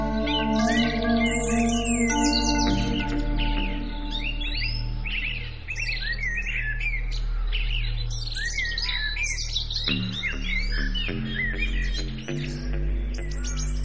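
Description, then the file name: Birds chirping and twittering in dense overlapping bursts of short rising and falling notes, over steady sustained musical tones and a low drone throughout. "naturelax birds"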